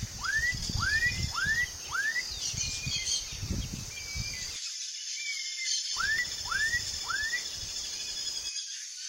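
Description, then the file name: Black-capped donacobius giving a run of upswept whistled notes about twice a second, pausing, then three more, with low rumbling noise and a steady insect hum. "Canto do japacanim"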